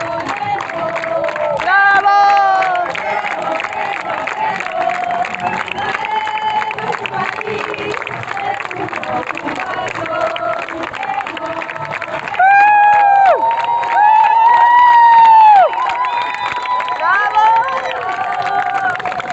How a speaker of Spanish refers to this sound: Las embarcaciones, llega otra furgo con los tripulantes y le aplauden a una activista y le aplauden a otra compañera activista que llega a sumarse a la flotilla, a embarcarse con el cargamento.